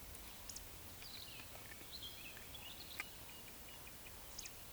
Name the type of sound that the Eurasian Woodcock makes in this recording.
whistle, croak